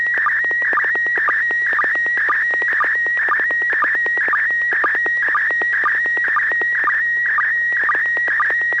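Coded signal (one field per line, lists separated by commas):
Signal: SSTV (slow-scan television)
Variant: PD mode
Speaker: Bob you're the first one if you're ready go ahead okay this is gonna be PD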